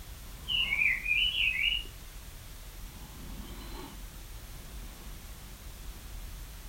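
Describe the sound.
Bird giving one brief run of rapid twittering chirps, followed by several seconds of quiet background hiss.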